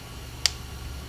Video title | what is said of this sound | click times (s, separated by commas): DTS S2 Ep14 DR650 Custom Dash Pt one | it clicks and that actually locks the chuck so it won't open up on you | 0.5 s